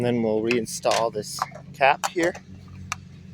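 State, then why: Seated. Someone talks while pushing a plastic cap back onto the housing of a Briggs & Stratton Intek single engine during reassembly after replacing the stator/alternator. One sharp snap is heard at 2.9 s as the cap seats in place.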